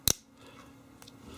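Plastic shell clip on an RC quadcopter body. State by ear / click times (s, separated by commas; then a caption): seated / 0.1 s. A plastic shell clip on the body of a WLtoys Q303 RC quadcopter, being worked on for a battery replacement, is pressed back down into place. A loud, sharp snap at 0.1 s marks the clip seating, followed by quiet background and two faint ticks near 1.0 and 1.1 s. The clip is seated.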